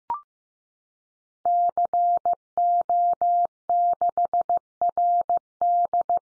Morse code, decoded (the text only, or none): CO6RD